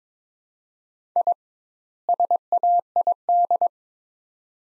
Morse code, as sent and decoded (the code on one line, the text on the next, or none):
.. / ... .- .. -..
I SAID